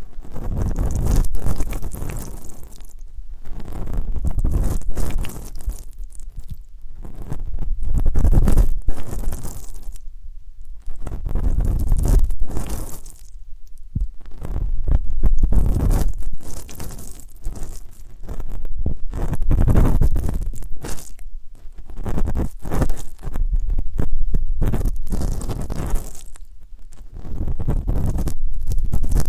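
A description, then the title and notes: Muffled scraping and rubbing in bursts of a second or two separated by short silences. The sounds are deep and thick at the low end, with crinkly, crunchy detail on top, repeating fairly regularly through the clip. ASMR 3D Deep Ear Canal & Eardrum Cleaning (No Talking).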